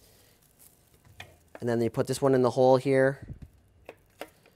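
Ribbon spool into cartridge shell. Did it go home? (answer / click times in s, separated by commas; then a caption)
yes / 3.9 s, 4.2 s. A second ribbon spool is pushed into its hole in a plastic printer ribbon cartridge while someone talks. After a few faint handling taps, sharp clicks at 3.9 s and 4.2 s mark the spool snapping into place, and it is seated.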